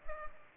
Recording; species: mosquito wingbeat signal from an infrared sensor; Culex pipiens